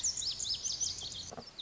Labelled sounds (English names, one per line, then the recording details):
Lazuli Bunting
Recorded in Sonoma County, California